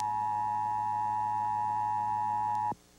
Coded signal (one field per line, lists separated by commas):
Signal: Emergency Alert System (SAME) tones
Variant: 853 and 960 Hz attention tone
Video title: Touched by an EAS Test—December 20, 2002